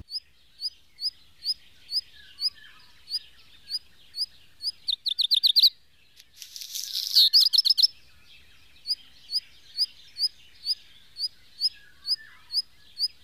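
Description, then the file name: Black redstart song: buzzy pulsed rattle leading into a grating, crackling burst and a short rattle, set against a steady series of high chirps. "hazirozsdafarku"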